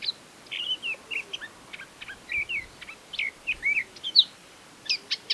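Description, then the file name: Eurasian blackcap producing a rambling warble of short whistled slurs and dry chips, spaced irregularly, with one louder bright note near the end. "Sylvia atricapilla"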